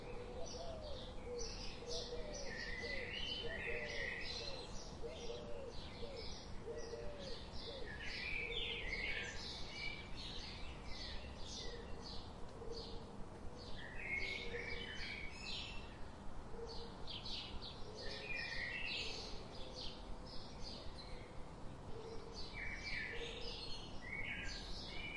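Birds chirp and twitter continuously in bright overlapping calls, with a low cooing line underneath and a steady rumbling hum throughout.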